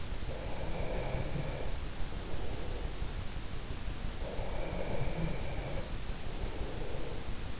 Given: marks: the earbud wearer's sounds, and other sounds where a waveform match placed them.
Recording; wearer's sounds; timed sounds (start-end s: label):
sounds in sleep by an in-ear microphone; breath
0.46-2.76 s: breath
4.18-7.60 s: breath